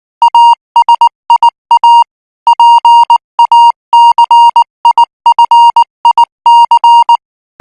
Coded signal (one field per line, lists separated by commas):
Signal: Morse code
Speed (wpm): 19 wpm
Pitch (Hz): 940 Hz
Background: music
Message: ASIA PACIFIC